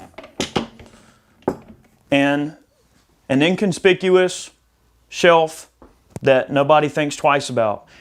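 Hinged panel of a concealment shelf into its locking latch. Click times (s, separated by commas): 0.4 s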